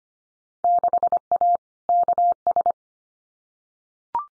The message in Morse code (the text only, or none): 6A KS